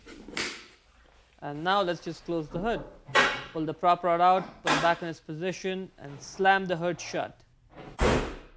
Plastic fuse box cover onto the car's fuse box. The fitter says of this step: Put the black cover back on. Make sure it clicks.